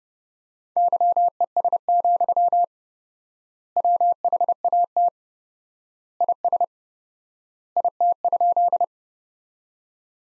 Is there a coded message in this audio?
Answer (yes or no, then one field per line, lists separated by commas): yes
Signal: Morse code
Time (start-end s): 0.8-8.8 s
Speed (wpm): 32 wpm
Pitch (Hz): 700 Hz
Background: none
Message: YES, WHAT IS IT?